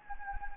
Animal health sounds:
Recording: mosquito wingbeat signal from an infrared sensor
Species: Anopheles gambiae

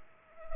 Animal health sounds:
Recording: mosquito wingbeat signal from an infrared sensor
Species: Culex pipiens

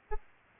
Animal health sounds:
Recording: mosquito wingbeat signal from an infrared sensor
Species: Aedes albopictus

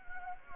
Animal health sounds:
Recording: mosquito wingbeat signal from an infrared sensor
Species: Anopheles gambiae

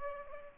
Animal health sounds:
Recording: mosquito wingbeat signal from an infrared sensor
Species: Culex pipiens

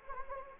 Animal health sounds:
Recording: mosquito wingbeat signal from an infrared sensor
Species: Anopheles arabiensis

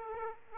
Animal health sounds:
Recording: mosquito wingbeat signal from an infrared sensor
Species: Aedes aegypti

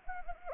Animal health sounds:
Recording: mosquito wingbeat signal from an infrared sensor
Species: Anopheles arabiensis

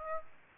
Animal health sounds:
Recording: mosquito wingbeat signal from an infrared sensor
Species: Aedes aegypti

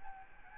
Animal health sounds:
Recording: mosquito wingbeat signal from an infrared sensor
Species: Aedes albopictus

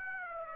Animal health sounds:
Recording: mosquito wingbeat signal from an infrared sensor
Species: Aedes aegypti

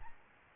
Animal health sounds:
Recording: mosquito wingbeat signal from an infrared sensor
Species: Aedes albopictus

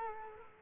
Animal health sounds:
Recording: mosquito wingbeat signal from an infrared sensor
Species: Culex quinquefasciatus

